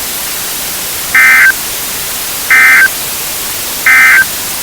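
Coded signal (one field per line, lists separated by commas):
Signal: Emergency Alert System (SAME) tones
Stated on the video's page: Fictional EAS scenario about a climate calamity, simulated.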